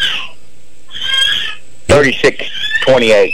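A child running around shrieks and squeals in several high-pitched bursts, with short gaps between them. The shrill, harmonic cries come in uneven spurts, louder toward the end.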